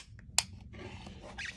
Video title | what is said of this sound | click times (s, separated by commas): Wire piercing tools | If I let go, it's staying locked into place. | 0.4 s